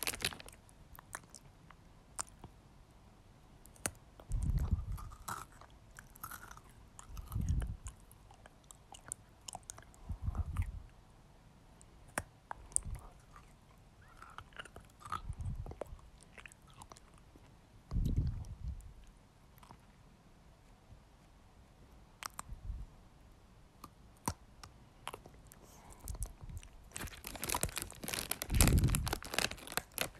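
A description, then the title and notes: Someone eats Pocky in short, crisp bites and crunches, with low thumps of chewing about every three seconds, near 4, 7, 10, 15 and 18 seconds. Faint clicks and rustles fill the gaps, and a louder burst of crinkling wrapper noise closes the last few seconds. Pocky ASMR. Eating pocky.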